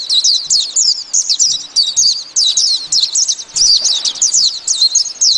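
White-eye pouring out quick, high, chattering twitter notes continuously throughout, with faint low ticks now and then.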